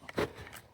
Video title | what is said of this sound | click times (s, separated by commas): F150 & F 250 Power Seat Upgrade | Once you hear that click, you know you're you're golden. | 0.1 s